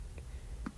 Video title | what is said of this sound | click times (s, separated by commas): Otterbox Symmetry Series Case For The iPhone 15 Pro Max Unboxing | and yeah so it locks into place and then | 0.7 s